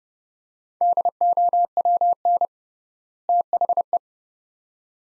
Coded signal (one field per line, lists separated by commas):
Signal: Morse code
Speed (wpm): 30 wpm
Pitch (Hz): 700 Hz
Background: none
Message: DOWN THE